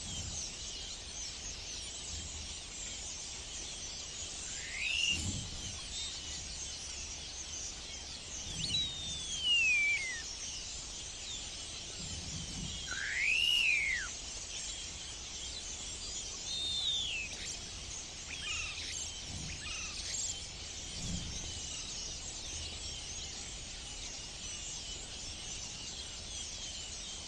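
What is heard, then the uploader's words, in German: A morning in a clay pit: a steady, dense high hiss runs throughout, with clear bird whistles that rise and fall breaking through every few seconds, around five, nine, thirteen, seventeen and twenty seconds. Soft low thuds accompany several of them. Ein Morgen in der Lehmgrube. Ich liebe die Stare.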